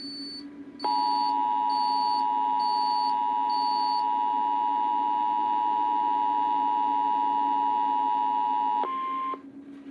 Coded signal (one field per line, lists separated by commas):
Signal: Emergency Alert System (SAME) tones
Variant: 853 and 960 Hz attention tone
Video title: MISS JINXERIE'S CURSE... 🌪 || EAS Alerts from March 30, 2024 (EAS #2,486- 2,502)